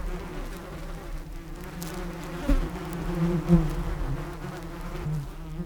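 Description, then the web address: Water insect buzzing: a steady low drone with two brief louder swells near the middle, over faint background noise. "E-MU Producer Series Vol 3 – Hollywood Sound Effects Water Insects 1 INSECT"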